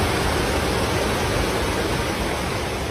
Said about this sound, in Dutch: Nou, niks mis met uw radiotoestel. Dit is geluid van water dat door de straten van de Noord-Italiaanse stad Cesena stroomt. Na maanden van droogte viel daar de afgelopen dagen heel erg veel regen.